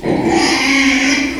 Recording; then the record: squeal of a Yucatan mini pig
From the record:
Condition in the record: after surgery on the right vocal fold (resection and tissue-engineered implant); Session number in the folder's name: 2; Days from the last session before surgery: 13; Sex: male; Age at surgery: 12 weeks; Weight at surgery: 13 kg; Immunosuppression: cyclosporine, prednisolone